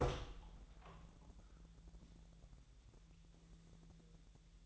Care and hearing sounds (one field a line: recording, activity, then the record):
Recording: daily activity, microphone in the room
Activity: open door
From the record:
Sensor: 3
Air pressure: 1001.2 hPa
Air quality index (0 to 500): 250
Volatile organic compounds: 174 ppm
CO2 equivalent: 4122 ppm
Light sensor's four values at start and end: 13/30/12/12 and 13/30/12/12